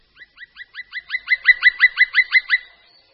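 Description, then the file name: Black woodpecker calling a fast run of over a dozen clear, evenly spaced notes that swell in loudness midway and then fade, with a quiet background. "Datel-černý"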